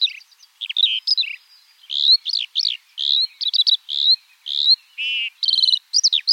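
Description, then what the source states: Eurasian skylark pouring out high, rapid chirps and slurred notes mixed with short buzzy trills in a dense, varied song. In flight.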